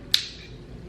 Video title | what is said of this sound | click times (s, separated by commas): Versa Sphere Blowdryer vs Tymo Air Hype - Pros vs Cons - Mytype4hair | if you heard that sound it literally does not come off it's like a lock snap right here | 0.1 s